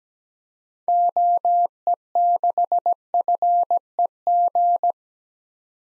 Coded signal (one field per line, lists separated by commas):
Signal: Morse code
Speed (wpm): 17 wpm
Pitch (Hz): 700 Hz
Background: none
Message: OE6FEG